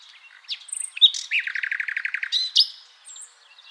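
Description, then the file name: Common nightingale song: a thin whistle, then a rapid even trill of repeated notes ending in a sharp, emphatic flourish. "Luscinia megarhynchos"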